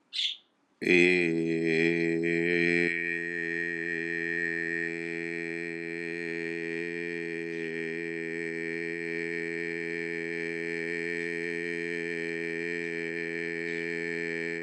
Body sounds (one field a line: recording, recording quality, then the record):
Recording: sustained vowel as in made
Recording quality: moderate, slight background noise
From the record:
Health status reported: healthy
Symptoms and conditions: hypertension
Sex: male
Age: 48 years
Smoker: not ticked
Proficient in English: yes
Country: India